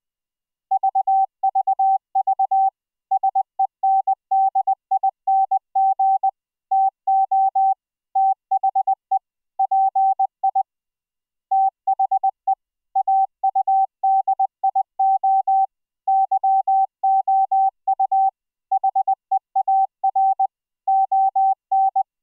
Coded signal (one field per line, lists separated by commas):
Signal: Morse code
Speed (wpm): 20 wpm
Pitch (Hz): 770 Hz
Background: none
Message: VVV SENDING TO THE PI THE AUDIO YOU HEAR ON